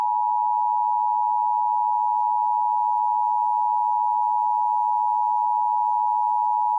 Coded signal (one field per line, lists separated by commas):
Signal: Emergency Alert System (SAME) tones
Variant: 853 and 960 Hz attention tone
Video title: H-TOWN HAVOC | EAS Alerts from 1/24/2023 (EAS #1769-1801)